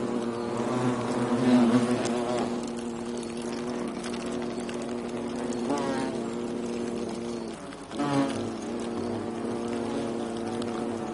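European hornet droning buzz, a sustained low hum with stacked overtones; it dips briefly near the eighth second, then resumes with a short louder burst.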